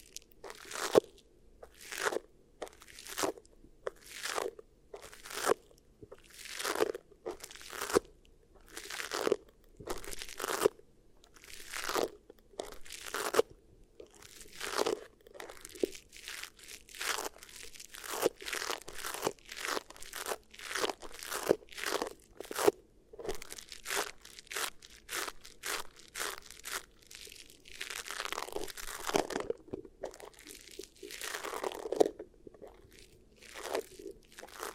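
Beeswax ear triggers: a dense run of sharp crunching and crackling squeezes, each a quick bright burst with a short low thump beneath. They come about every half second, thicker and more rustling in the second half, with a few longer smeared crinkles near the end.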